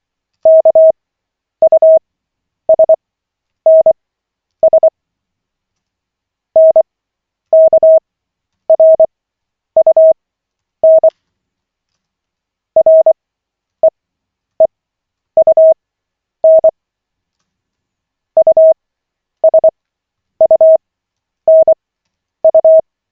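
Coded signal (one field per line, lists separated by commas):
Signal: Morse code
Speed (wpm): 24 wpm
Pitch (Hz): 640 Hz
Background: none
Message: KUSNS NKRUN REEUN USUNU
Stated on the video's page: Koch method CW practice session, lesson 6 of 40, on LCWO.net.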